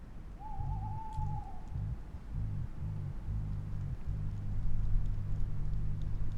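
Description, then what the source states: Moth wing buzzing: a very deep, continuous pulsing drone from about half a second in to the end, with a short wavering whistle near the start and faint high calls in the background. Large unidentified newly hatched moth strengthening its wings near the microphones before hiding for the day; very low buzz lasting over ten minutes; Sarcena forest, dawn, 14 April 2020; Nagra LB, MKH20, stereo.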